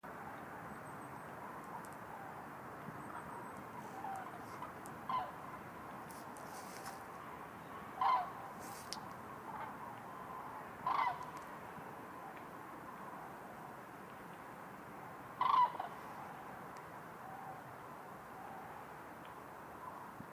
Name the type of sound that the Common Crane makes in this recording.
call